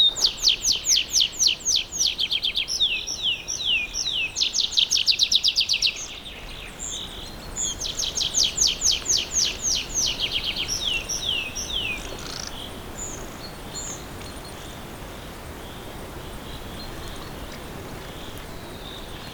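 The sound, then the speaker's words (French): Forest birds in fir forests at Poľana, Slovakia, sing in quick, high-pitched trills of repeated chirps, two lively bursts separated by a short pause, then softer scattered calls over a steady hiss, with no voices. “a quasiment pour seule compagnie ces oiseaux, ces sapinières.”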